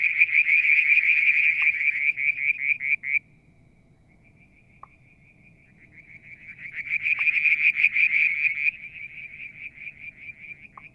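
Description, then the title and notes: Frog calling in fast, high pulsed trills that swell and fade, with a pause of several seconds between bursts and a few short lower taps. Striped marsh frog, Verreaux's tree frog and an unidentified frog; Mount Wilson, New South Wales, Australia; July 2022; evening, near a water tank. "Frog song, Mount Wilson, New South Wales, Australia in July 2022 – by Alexander Moffatt. Limnodynastes Peronii, Litoria Verreauxii and a mystery frog one evening near the water tank"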